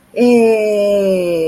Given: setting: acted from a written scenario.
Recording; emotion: vocal sound without words; pride